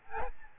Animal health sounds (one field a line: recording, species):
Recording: mosquito wingbeat signal from an infrared sensor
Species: Aedes albopictus